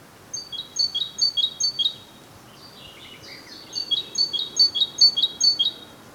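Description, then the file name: Great tit song: bright, high two-to-three-note phrases repeated rapidly in two bursts, with a short pause holding softer, lower bird notes between them. "Parus major"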